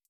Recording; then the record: hydrophone in a shrimp aquaculture tank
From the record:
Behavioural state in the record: feeding